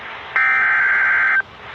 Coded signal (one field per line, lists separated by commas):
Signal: Emergency Alert System (SAME) tones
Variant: header bursts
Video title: EAS Alerts (EAS 105-111) 4/15/23